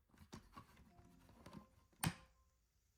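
A plastic side brush is pulled off the magnetic mount on the underside of a Laresar Evol 3 robot vacuum, with soft handling sounds at about 0.3 s and 1.5 s. A sharp snap at 2.0 s marks the brush popping free of its magnetic connection, and it is released.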